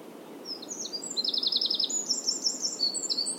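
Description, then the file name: Eurasian wren song: a fast, high, metallic trill of rapid notes, sliding between pitches and running continuously to the end, over a soft low hiss. "Troglodytes troglodytes"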